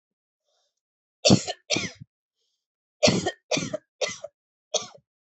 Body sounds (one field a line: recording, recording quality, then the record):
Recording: heavy voluntary cough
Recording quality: excellent, no background noise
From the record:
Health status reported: COVID-19 positive, mild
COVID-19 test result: positive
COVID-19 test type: RT-PCR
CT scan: not taken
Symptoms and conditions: fever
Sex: female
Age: 23 years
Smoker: yes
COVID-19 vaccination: both doses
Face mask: not worn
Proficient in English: yes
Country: India